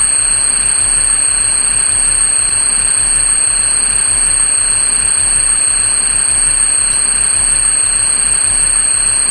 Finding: Tinnitus Screeching Tone.